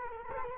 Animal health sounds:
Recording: mosquito wingbeat signal from an infrared sensor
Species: Culex quinquefasciatus

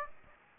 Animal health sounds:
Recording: mosquito wingbeat signal from an infrared sensor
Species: Aedes aegypti

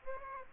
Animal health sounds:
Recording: mosquito wingbeat signal from an infrared sensor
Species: Aedes aegypti

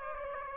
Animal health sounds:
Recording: mosquito wingbeat signal from an infrared sensor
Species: Aedes aegypti

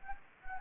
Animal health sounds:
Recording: mosquito wingbeat signal from an infrared sensor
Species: Anopheles gambiae

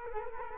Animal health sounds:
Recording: mosquito wingbeat signal from an infrared sensor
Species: Culex quinquefasciatus

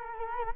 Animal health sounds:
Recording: mosquito wingbeat signal from an infrared sensor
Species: Culex quinquefasciatus

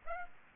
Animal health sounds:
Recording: mosquito wingbeat signal from an infrared sensor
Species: Aedes aegypti

